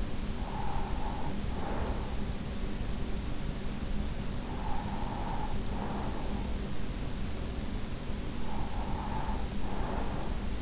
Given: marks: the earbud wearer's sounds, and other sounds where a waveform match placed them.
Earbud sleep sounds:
sounds in sleep by an in-ear microphone; breath
0.00-2.63 s: breath
4.28-6.91 s: breath
8.40-10.62 s: breath

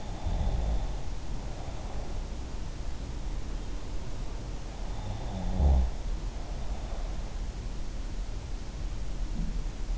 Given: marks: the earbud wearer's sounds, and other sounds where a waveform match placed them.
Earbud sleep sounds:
sounds in sleep by an in-ear microphone; breath, snoring breath
0.00-1.95 s: breath
5.13-6.87 s: snoring breath

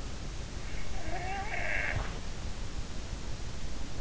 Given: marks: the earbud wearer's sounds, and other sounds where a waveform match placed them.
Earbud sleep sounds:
sounds in sleep by an in-ear microphone; snoring breath
0.93-2.20 s: snoring breath

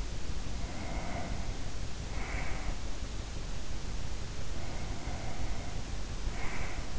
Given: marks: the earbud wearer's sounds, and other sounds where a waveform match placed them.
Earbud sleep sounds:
sounds in sleep by an in-ear microphone; breath
0.42-2.78 s: breath
4.46-6.99 s: breath

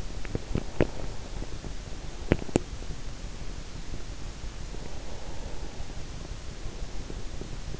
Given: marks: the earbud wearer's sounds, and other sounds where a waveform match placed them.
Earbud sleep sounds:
sounds in sleep by an in-ear microphone; teeth grinding, breath
0.00-2.90 s: teeth grinding
0.41-1.75 s: breath
4.70-7.75 s: breath

